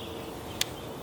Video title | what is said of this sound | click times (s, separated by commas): Taurus Raging Bull .44 Magnum Range Review | there it goes it's got a click you actually hear a click when it unlocks and there she goes | 0.6 s